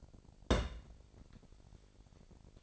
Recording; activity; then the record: daily activity, microphone in the room; place on stove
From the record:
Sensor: 5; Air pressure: 1012.1 hPa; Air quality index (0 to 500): 239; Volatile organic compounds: 4 ppm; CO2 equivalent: 1585 ppm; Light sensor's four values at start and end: 44/98/42/46 and 45/102/44/48